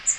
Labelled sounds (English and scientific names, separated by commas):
Magnolia Warbler (Setophaga magnolia) flight call